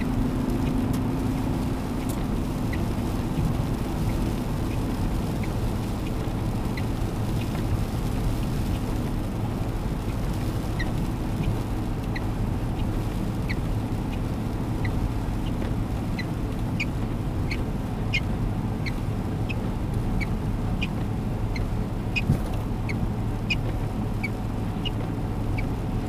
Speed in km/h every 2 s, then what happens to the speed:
126, 123, 122, 121, 120, 119, 119, 119, 118, 118, 118, 118, 118.
0-26 steady at about 119.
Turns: none.